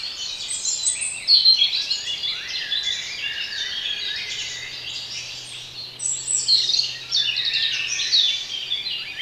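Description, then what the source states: Songbird chorus of mixed high chirps and warbling trills, swelling twice in loudness, with a low faint hum and soft hiss underneath. Bird sounds intended for relaxation.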